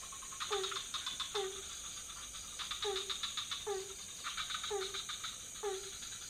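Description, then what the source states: Several frogs calling: six short low notes roughly once a second, between bursts of fast rattling clicks, over a steady high shrill background. Several frog species calling at night in a pond near a hotel in Ubud, Bali, Indonesia; recorded on Sony PCM D50 with Rode NT4 microphone on boompole.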